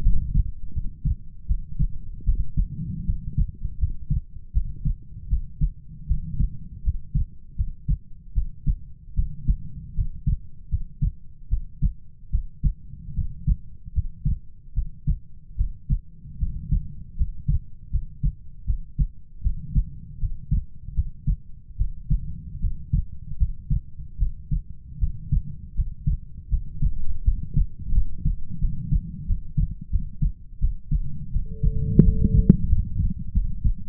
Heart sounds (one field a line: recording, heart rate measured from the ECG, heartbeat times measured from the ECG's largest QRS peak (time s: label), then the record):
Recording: heart sounds by stethoscope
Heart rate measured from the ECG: 79 bpm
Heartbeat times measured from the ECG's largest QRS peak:
0.02 s: heartbeat
0.72 s: heartbeat
1.46 s: heartbeat
2.24 s: heartbeat
3.04 s: heartbeat
3.78 s: heartbeat
4.52 s: heartbeat
5.28 s: heartbeat
6.06 s: heartbeat
6.82 s: heartbeat
7.55 s: heartbeat
8.33 s: heartbeat
9.14 s: heartbeat
9.94 s: heartbeat
10.69 s: heartbeat
11.48 s: heartbeat
12.30 s: heartbeat
13.14 s: heartbeat
13.92 s: heartbeat
14.73 s: heartbeat
15.56 s: heartbeat
16.38 s: heartbeat
17.15 s: heartbeat
17.90 s: heartbeat
18.65 s: heartbeat
19.41 s: heartbeat
20.18 s: heartbeat
20.94 s: heartbeat
21.76 s: heartbeat
22.59 s: heartbeat
23.37 s: heartbeat
24.17 s: heartbeat
24.98 s: heartbeat
25.74 s: heartbeat
26.48 s: heartbeat
27.23 s: heartbeat
27.92 s: heartbeat
28.59 s: heartbeat
29.25 s: heartbeat
29.90 s: heartbeat
30.59 s: heartbeat
31.31 s: heartbeat
32.02 s: heartbeat
32.67 s: heartbeat
33.32 s: heartbeat
From the record:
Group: healthy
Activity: rest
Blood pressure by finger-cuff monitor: 100/58 mmHg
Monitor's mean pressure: 71 mmHg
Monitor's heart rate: 78 bpm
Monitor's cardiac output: 7 L/min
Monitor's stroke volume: 90 mL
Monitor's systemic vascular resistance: 720 dyn s/cm5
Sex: female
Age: 19 years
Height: 163 cm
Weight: 48.9 kg